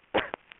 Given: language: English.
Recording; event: throat vibration sensor signal played as sound; cough